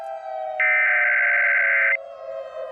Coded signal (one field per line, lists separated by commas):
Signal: Emergency Alert System (SAME) tones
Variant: header bursts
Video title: EAS Scenario Special - Radioactive Queen II